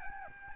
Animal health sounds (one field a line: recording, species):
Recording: mosquito wingbeat signal from an infrared sensor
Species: Aedes albopictus